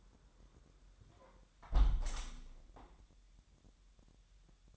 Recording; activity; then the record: daily activity, microphone in the room; close window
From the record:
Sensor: 3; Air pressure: 1000.3 hPa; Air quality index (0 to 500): 244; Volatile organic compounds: 155 ppm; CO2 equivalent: 4046 ppm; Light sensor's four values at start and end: 10/24/10/10 and 10/24/10/9